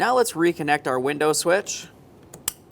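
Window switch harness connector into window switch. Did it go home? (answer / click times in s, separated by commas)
yes / 2.5 s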